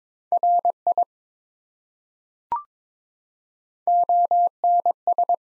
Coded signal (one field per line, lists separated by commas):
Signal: Morse code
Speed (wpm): 23 wpm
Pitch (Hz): 700 Hz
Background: none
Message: RI ONS